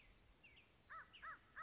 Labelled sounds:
American Crow (Corvus brachyrhynchos)
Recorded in Sonoma County, California

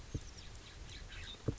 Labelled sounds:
California Scrub-Jay (Aphelocoma californica)
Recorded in Sonoma County, California

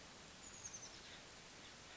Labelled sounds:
Oak Titmouse (Baeolophus inornatus)
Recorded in Sonoma County, California

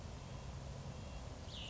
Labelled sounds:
Cassin's Vireo (Vireo cassinii)
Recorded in Sonoma County, California

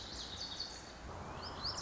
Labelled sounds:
Lazuli Bunting (Passerina amoena)
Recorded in Sonoma County, California

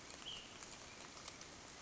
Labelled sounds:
Ash-throated Flycatcher (Myiarchus cinerascens)
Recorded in Sonoma County, California

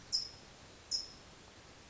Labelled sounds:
California Towhee (Melozone crissalis)
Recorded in Sonoma County, California

